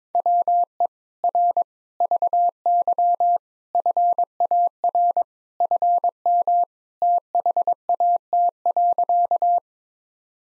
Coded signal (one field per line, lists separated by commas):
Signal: Morse code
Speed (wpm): 22 wpm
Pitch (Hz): 700 Hz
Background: none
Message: WE R VY FAR FM THAT.